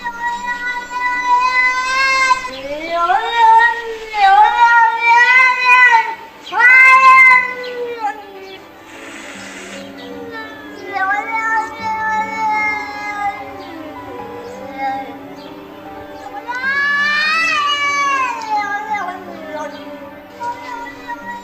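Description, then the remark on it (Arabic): A cat meows and caterwauls in long, wavering, high-pitched yowls, rising and falling in several drawn-out cries with brief pauses, loud throughout and with no other voices. “ووصلت المرحلة أشبه ما تكون إني عندي فوبيا من القطط.”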